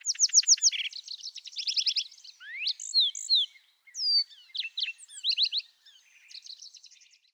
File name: Lark Sparrow